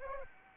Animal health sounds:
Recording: mosquito wingbeat signal from an infrared sensor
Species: Anopheles arabiensis

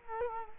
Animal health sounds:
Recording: mosquito wingbeat signal from an infrared sensor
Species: Culex quinquefasciatus

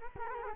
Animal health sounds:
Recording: mosquito wingbeat signal from an infrared sensor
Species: Culex quinquefasciatus

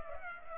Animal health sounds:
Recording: mosquito wingbeat signal from an infrared sensor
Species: Culex pipiens

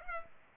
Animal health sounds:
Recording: mosquito wingbeat signal from an infrared sensor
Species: Culex pipiens

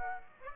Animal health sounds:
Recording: mosquito wingbeat signal from an infrared sensor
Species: Aedes aegypti

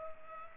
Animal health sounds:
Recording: mosquito wingbeat signal from an infrared sensor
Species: Culex pipiens

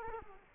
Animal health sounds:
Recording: mosquito wingbeat signal from an infrared sensor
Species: Culex quinquefasciatus

